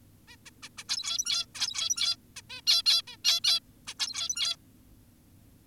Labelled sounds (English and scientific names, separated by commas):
Zebra Finch (Taeniopygia guttata)